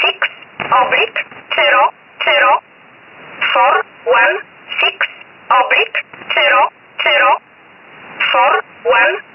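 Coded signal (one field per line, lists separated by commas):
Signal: numbers station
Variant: E11 Oblique, English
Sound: synthetic-sounding voice reading single English words at a steady pace over radio hiss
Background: radio static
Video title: 13 05 2019 E11 Oblique Numbers station in English 0450 on 7469 unknown tx site in USB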